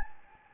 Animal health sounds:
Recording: mosquito wingbeat signal from an infrared sensor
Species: Anopheles gambiae

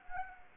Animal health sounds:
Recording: mosquito wingbeat signal from an infrared sensor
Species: Anopheles gambiae

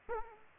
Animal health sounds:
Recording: mosquito wingbeat signal from an infrared sensor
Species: Aedes aegypti

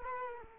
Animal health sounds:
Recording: mosquito wingbeat signal from an infrared sensor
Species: Culex quinquefasciatus

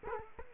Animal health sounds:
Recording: mosquito wingbeat signal from an infrared sensor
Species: Culex quinquefasciatus

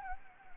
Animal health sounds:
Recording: mosquito wingbeat signal from an infrared sensor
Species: Anopheles gambiae

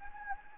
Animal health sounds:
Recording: mosquito wingbeat signal from an infrared sensor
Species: Anopheles gambiae

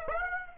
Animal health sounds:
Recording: mosquito wingbeat signal from an infrared sensor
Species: Aedes aegypti

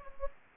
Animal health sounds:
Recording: mosquito wingbeat signal from an infrared sensor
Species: Anopheles gambiae

